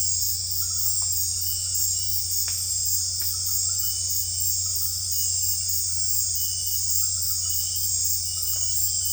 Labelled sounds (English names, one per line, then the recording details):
none
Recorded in secondary vegetation near Puerto Asís, Putumayo, Colombia, on 20 December 2024 at 20:30
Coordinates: 0.481, -76.318
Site G042